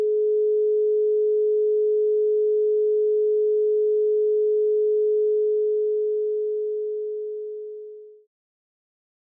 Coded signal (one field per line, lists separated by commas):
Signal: telephone call progress tone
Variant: Europe, 425 Hz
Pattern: dial tone